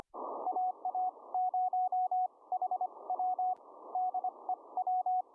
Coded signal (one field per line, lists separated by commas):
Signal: Morse code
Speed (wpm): 26 wpm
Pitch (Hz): 740 Hz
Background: none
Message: AA0HW DE W